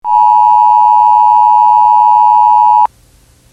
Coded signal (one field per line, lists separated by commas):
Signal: Emergency Alert System (SAME) tones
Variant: 853 and 960 Hz attention tone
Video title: Eas